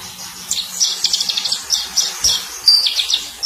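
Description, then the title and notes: White-eye twittering, a brief series of quick high chirps over a faint low hum. Sweet long song. "Kicau Burung Pleci ampuh. suara burung pleci merdu panjan"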